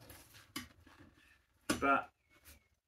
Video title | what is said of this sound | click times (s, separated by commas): Review of DeWalt DCS365 | Clicks in nice nice positive click when it's there | 0.6 s, 1.7 s